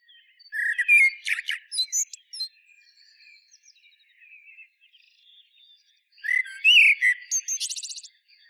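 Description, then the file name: Common blackbird song: two flute-like phrases, each opening low and mellow and finishing with a high, scratchy twitter, separated by quiet soft notes. "Turdus merula"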